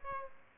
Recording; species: mosquito wingbeat signal from an infrared sensor; Aedes aegypti